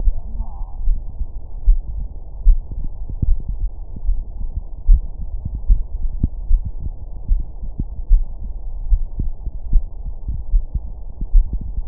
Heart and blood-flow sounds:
heart sounds
0.00	0.02	diastole
0.02	0.16	S1
0.16	0.36	systole
0.36	0.46	S2
0.46	0.84	diastole
0.84	0.98	S1
0.98	1.18	systole
1.18	1.28	S2
1.28	1.66	diastole
1.66	1.80	S1
1.80	1.98	systole
1.98	2.06	S2
2.06	2.44	diastole
2.44	2.58	S1
2.58	2.78	systole
2.78	2.88	S2
2.88	3.28	diastole
3.28	3.40	S1
3.40	3.60	systole
3.60	3.70	S2
3.70	4.06	diastole
4.06	4.20	S1
4.20	4.40	systole
4.40	4.50	S2
4.50	4.88	diastole
4.88	5.02	S1
5.02	5.20	systole
5.20	5.28	S2
5.28	5.68	diastole
5.68	5.82	S1
5.82	6.02	systole
6.02	6.12	S2
6.12	6.48	diastole
6.48	6.62	S1
6.62	6.82	systole
6.82	6.92	S2
6.92	7.30	diastole
7.30	7.44	S1
7.44	7.64	systole
7.64	7.72	S2
7.72	8.10	diastole
8.10	8.24	S1
8.24	8.42	systole
8.42	8.52	S2
8.52	8.90	diastole
8.90	9.02	S1
9.02	9.20	systole
9.20	9.32	S2
9.32	9.70	diastole
9.70	9.84	S1
9.84	10.04	systole
10.04	10.14	S2
10.14	10.52	diastole
10.52	10.64	S1
10.64	10.84	systole
10.84	10.92	S2
10.92	11.34	diastole
11.34	11.46	S1
11.46	11.64	systole
11.64	11.74	S2
11.74	11.88	diastole
From the record:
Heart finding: coronary artery disease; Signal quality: good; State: rest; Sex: male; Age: 64 years

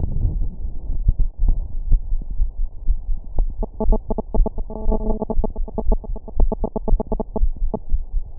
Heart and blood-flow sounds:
heart sounds
0.00	0.20	diastole
0.20	0.38	S1
0.38	0.50	systole
0.50	0.62	S2
0.62	0.86	diastole
0.86	0.98	S1
0.98	1.06	systole
1.06	1.18	S2
1.18	1.42	diastole
1.42	1.56	S1
1.56	1.60	systole
1.60	1.68	S2
1.68	1.88	diastole
1.88	2.02	S1
2.02	2.10	systole
2.10	2.20	S2
2.20	2.38	diastole
2.38	2.50	S1
2.50	2.58	systole
2.58	2.68	S2
2.68	2.88	diastole
2.88	3.00	S1
3.00	3.08	systole
3.08	3.18	S2
3.18	3.38	diastole
3.38	3.52	S1
3.52	3.60	systole
3.60	3.68	S2
3.68	3.86	diastole
3.86	4.00	S1
4.00	4.08	systole
4.08	4.16	S2
4.16	4.36	diastole
4.36	4.48	S1
4.48	4.56	systole
4.56	4.64	S2
4.64	4.84	diastole
4.84	4.98	S1
4.98	5.06	systole
5.06	5.16	S2
5.16	5.36	diastole
5.36	5.48	S1
5.48	5.58	systole
5.58	5.66	S2
5.66	5.86	diastole
5.86	6.00	S1
6.00	6.08	systole
6.08	6.18	S2
6.18	6.38	diastole
6.38	6.52	S1
6.52	6.60	systole
6.60	6.68	S2
6.68	6.88	diastole
6.88	7.00	S1
7.00	7.10	systole
7.10	7.20	S2
7.20	7.40	diastole
7.40	7.52	S1
7.52	7.60	systole
7.60	7.72	S2
7.72	7.92	diastole
7.92	8.04	S1
8.04	8.14	systole
8.14	8.24	S2
8.24	8.39	diastole
From the record:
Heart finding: coronary artery disease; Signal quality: good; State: rest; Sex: female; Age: 45 years

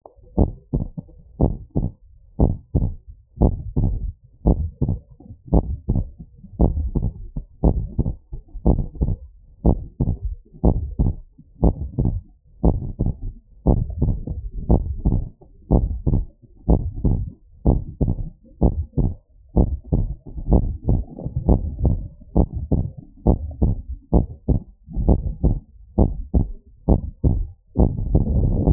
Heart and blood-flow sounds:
heart sounds
0.00	0.40	diastole
0.40	0.50	S1
0.50	0.74	systole
0.74	0.86	S2
0.86	1.42	diastole
1.42	1.54	S1
1.54	1.78	systole
1.78	1.90	S2
1.90	2.42	diastole
2.42	2.56	S1
2.56	2.82	systole
2.82	2.92	S2
2.92	3.42	diastole
3.42	3.56	S1
3.56	3.82	systole
3.82	3.94	S2
3.94	4.46	diastole
4.46	4.62	S1
4.62	4.88	systole
4.88	4.98	S2
4.98	5.54	diastole
5.54	5.68	S1
5.68	5.94	systole
5.94	6.06	S2
6.06	6.62	diastole
6.62	6.78	S1
6.78	7.04	systole
7.04	7.14	S2
7.14	7.66	diastole
7.66	7.82	S1
7.82	8.04	systole
8.04	8.14	S2
8.14	8.68	diastole
8.68	8.80	S1
8.80	9.02	systole
9.02	9.14	S2
9.14	9.66	diastole
9.66	9.80	S1
9.80	10.06	systole
10.06	10.16	S2
10.16	10.64	diastole
10.64	10.78	S1
10.78	11.00	systole
11.00	11.12	S2
11.12	11.64	diastole
11.64	11.76	S1
11.76	12.00	systole
12.00	12.14	S2
12.14	12.64	diastole
12.64	12.78	S1
12.78	13.02	systole
13.02	13.14	S2
13.14	13.68	diastole
13.68	13.82	S1
13.82	14.04	systole
14.04	14.18	S2
14.18	14.70	diastole
14.70	14.84	S1
14.84	15.06	systole
15.06	15.18	S2
15.18	15.72	diastole
15.72	15.88	S1
15.88	16.12	systole
16.12	16.24	S2
16.24	16.70	diastole
16.70	16.82	S1
16.82	17.06	systole
17.06	17.20	S2
17.20	17.68	diastole
17.68	17.82	S1
17.82	18.06	systole
18.06	18.16	S2
18.16	18.62	diastole
18.62	18.74	S1
18.74	18.98	systole
18.98	19.10	S2
19.10	19.58	diastole
19.58	19.70	S1
19.70	19.94	systole
19.94	20.06	S2
20.06	20.50	diastole
20.50	20.64	S1
20.64	20.88	systole
20.88	21.02	S2
21.02	21.48	diastole
21.48	21.62	S1
21.62	21.84	systole
21.84	21.96	S2
21.96	22.38	diastole
22.38	22.50	S1
22.50	22.72	systole
22.72	22.84	S2
22.84	23.28	diastole
23.28	23.40	S1
23.40	23.62	systole
23.62	23.72	S2
23.72	24.14	diastole
24.14	24.26	S1
24.26	24.50	systole
24.50	24.60	S2
24.60	25.02	diastole
25.02	25.18	S1
25.18	25.42	systole
25.42	25.54	S2
25.54	26.00	diastole
26.00	26.14	S1
26.14	26.36	systole
26.36	26.48	S2
26.48	26.90	diastole
26.90	27.04	S1
27.04	27.32	systole
27.32	27.46	S2
27.46	28.73	noise
From the record:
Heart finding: normal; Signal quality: good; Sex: male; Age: 26 years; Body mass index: 23

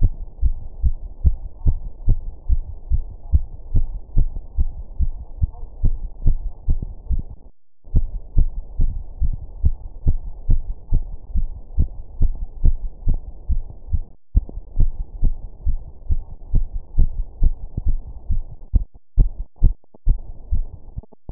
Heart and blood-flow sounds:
heart sounds
0.00	0.10	S1
0.10	0.18	systole
0.18	0.25	S2
0.25	0.42	diastole
0.42	0.50	S1
0.50	0.62	systole
0.62	0.67	S2
0.67	0.82	diastole
0.82	0.94	S1
0.94	1.02	systole
1.02	1.08	S2
1.08	1.20	diastole
1.20	1.29	S1
1.29	1.42	systole
1.42	1.49	S2
1.49	1.65	diastole
1.65	1.73	S1
1.73	1.81	systole
1.81	1.87	S2
1.87	2.06	diastole
2.06	2.14	S1
2.14	2.24	systole
2.24	2.32	S2
2.32	2.49	diastole
2.49	2.59	S1
2.59	2.70	systole
2.70	2.77	S2
2.77	2.91	diastole
2.91	2.98	S1
2.98	3.09	systole
3.09	3.17	S2
3.17	3.32	diastole
3.32	3.39	S1
3.39	3.51	systole
3.51	3.58	S2
3.58	3.75	diastole
3.75	3.82	S1
3.82	3.92	systole
3.92	3.97	S2
3.97	4.15	diastole
4.15	4.23	S1
4.23	4.34	systole
4.34	4.41	S2
4.41	4.56	diastole
4.56	4.66	S1
4.66	4.77	systole
4.77	4.83	S2
4.83	4.99	diastole
4.99	5.10	S1
5.10	5.17	systole
5.17	5.25	S2
5.25	5.39	diastole
5.39	5.48	S1
5.48	5.60	systole
5.60	5.67	S2
5.67	5.83	diastole
5.83	5.91	S1
5.91	5.99	systole
5.99	6.06	S2
6.06	6.23	diastole
6.23	6.33	S1
6.33	6.43	systole
6.43	6.53	S2
6.53	6.66	diastole
6.66	6.76	S1
6.76	6.89	systole
6.89	6.96	S2
6.96	7.10	diastole
7.10	7.19	S1
7.19	7.33	systole
7.33	7.40	S2
7.40	7.93	diastole
7.93	8.04	S1
8.04	8.11	systole
8.11	8.17	S2
8.17	8.35	diastole
8.35	8.43	S1
8.43	8.54	systole
8.54	8.61	S2
8.61	8.79	diastole
8.79	8.87	S1
8.87	8.97	systole
8.97	9.04	S2
9.04	9.23	diastole
9.23	9.31	S1
9.31	9.39	systole
9.39	9.46	S2
9.46	9.62	diastole
9.62	9.73	S1
9.73	9.79	systole
9.79	9.87	S2
9.87	10.04	diastole
10.04	10.16	S1
10.16	10.24	systole
10.24	10.31	S2
10.31	10.50	diastole
10.50	10.57	S1
10.57	10.68	systole
10.68	10.74	S2
10.74	10.91	diastole
10.91	10.99	S1
10.99	11.08	systole
11.08	11.16	S2
11.16	11.36	diastole
11.36	11.44	S1
11.44	11.52	systole
11.52	11.60	S2
11.60	11.76	diastole
11.76	11.83	S1
11.83	11.96	systole
11.96	12.02	S2
12.02	12.18	diastole
12.18	12.27	S1
12.27	12.38	systole
12.38	12.44	S2
12.44	12.63	diastole
12.63	12.72	S1
12.72	12.79	systole
12.79	12.88	S2
12.88	13.02	diastole
13.02	13.13	S1
13.13	13.23	systole
13.23	13.31	S2
13.31	13.49	diastole
13.49	13.58	S1
13.58	13.66	systole
13.66	13.75	S2
13.75	13.92	diastole
13.92	14.00	S1
14.00	14.09	systole
14.09	14.15	S2
14.15	14.32	diastole
14.32	14.40	S1
14.40	14.52	systole
14.52	14.61	S2
14.61	14.77	diastole
14.77	14.86	S1
14.86	14.98	systole
14.98	15.06	S2
15.06	15.20	diastole
15.20	15.31	S1
15.31	15.39	systole
15.39	15.46	S2
15.46	15.64	diastole
15.64	15.74	S1
15.74	15.84	systole
15.84	15.92	S2
15.92	16.10	diastole
16.10	16.19	S1
16.19	16.30	systole
16.30	16.37	S2
16.37	16.52	diastole
16.52	16.61	S1
16.61	16.72	systole
16.72	16.79	S2
16.79	16.96	diastole
16.96	17.05	S1
17.05	17.16	systole
17.16	17.24	S2
17.24	17.40	diastole
17.40	17.50	S1
17.50	17.63	systole
17.63	17.72	S2
17.72	17.88	diastole
17.88	17.95	S1
17.95	18.04	systole
18.04	18.13	S2
18.13	18.29	diastole
18.29	18.38	S1
18.38	18.50	systole
18.50	18.59	S2
18.59	18.71	diastole
18.71	18.83	S1
18.83	18.91	systole
18.91	18.97	S2
18.97	19.15	diastole
19.15	19.28	S1
19.28	19.38	systole
19.38	19.46	S2
19.46	19.61	diastole
19.61	19.70	S1
19.70	19.80	systole
19.80	19.88	S2
19.88	20.05	diastole
20.05	20.15	S1
20.15	20.23	systole
20.23	20.31	S2
20.31	20.51	diastole
20.51	20.63	S1
20.63	20.70	systole
20.70	20.79	S2
20.79	20.96	diastole
20.96	21.07	S1
21.07	21.32	systole
From the record:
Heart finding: coronary artery disease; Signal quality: good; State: rest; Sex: female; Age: 41 years

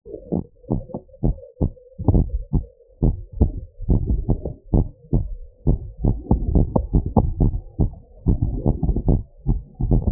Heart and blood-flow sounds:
heart sounds
0.00	0.32	diastole
0.32	0.42	S1
0.42	0.72	systole
0.72	0.82	S2
0.82	1.24	diastole
1.24	1.34	S1
1.34	1.62	systole
1.62	1.72	S2
1.72	2.10	diastole
2.10	2.26	S1
2.26	2.54	systole
2.54	2.64	S2
2.64	3.02	diastole
3.02	3.14	S1
3.14	3.40	systole
3.40	3.52	S2
3.52	3.90	diastole
3.90	4.02	S1
4.02	4.30	systole
4.30	4.38	S2
4.38	4.74	diastole
4.74	4.86	S1
4.86	5.14	systole
5.14	5.26	S2
5.26	5.68	diastole
5.68	5.80	S1
5.80	6.06	systole
6.06	6.18	S2
6.18	6.50	diastole
6.50	6.66	S1
6.66	6.94	systole
6.94	7.04	S2
7.04	7.40	diastole
7.40	7.52	S1
7.52	7.80	systole
7.80	7.90	S2
7.90	8.28	diastole
8.28	8.40	S1
8.40	8.66	systole
8.66	8.76	S2
8.76	9.08	diastole
9.08	9.22	S1
9.22	9.48	systole
9.48	9.58	S2
9.58	9.88	diastole
9.88	10.04	S1
10.04	10.12	systole
From the record:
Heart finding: normal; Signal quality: good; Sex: female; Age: 58 years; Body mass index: 33.1

